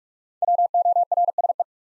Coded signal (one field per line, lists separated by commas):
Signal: Morse code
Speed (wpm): 44 wpm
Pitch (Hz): 700 Hz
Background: none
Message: WORSE